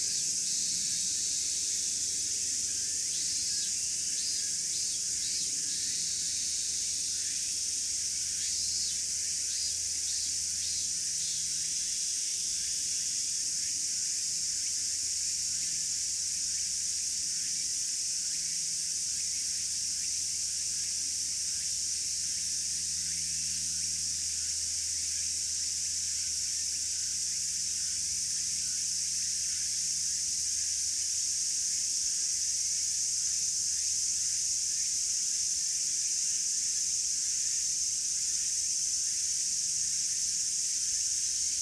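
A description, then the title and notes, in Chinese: Cicadas drone in a dense, unbroken, high-pitched hiss that holds steady for the whole recording, with faint rapid ticking layered in during the first ten seconds or so. Underneath, a soft low hum comes and goes. 蝉 01:55pm (HPLバイノーラル)。マイクロフォン：RØDE NT-SF1（Upright）。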